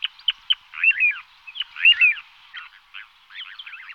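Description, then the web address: Little ringed plover calls: short clipped notes and slurred downward whistles, irregular, with a scratchy chattering burst at the end. "All the bird songs of Britain and Europe - Jean-Claude Roche. Charadrius dubius"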